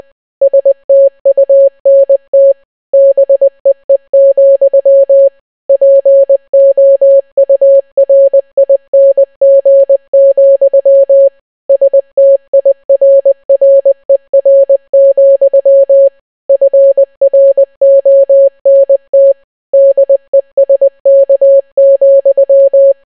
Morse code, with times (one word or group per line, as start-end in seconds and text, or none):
0.4-2.5 STUNT
2.9-5.3 BEE,
5.7-11.3 POURING,
11.7-16.1 STIRRER,
16.5-19.3 FRONT
19.7-22.9 DESK,